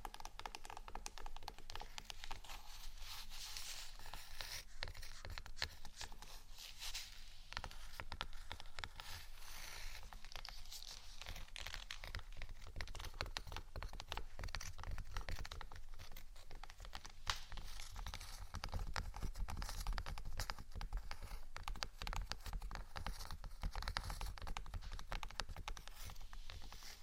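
Gentle scratching and tapping carry on throughout, a dense run of quick, fine strokes and light taps with no pauses. The sound is bright and crisp, steady in level from start to finish, over a faint low rumble underneath.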